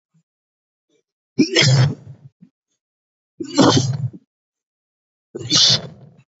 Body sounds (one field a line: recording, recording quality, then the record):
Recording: heavy voluntary cough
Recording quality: excellent, no background noise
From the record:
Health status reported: recovered from COVID-19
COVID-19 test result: positive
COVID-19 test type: RT-PCR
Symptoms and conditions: cold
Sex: male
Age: 20 years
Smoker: no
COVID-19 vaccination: one dose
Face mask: worn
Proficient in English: yes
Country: India